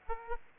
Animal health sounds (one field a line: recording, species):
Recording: mosquito wingbeat signal from an infrared sensor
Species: Aedes aegypti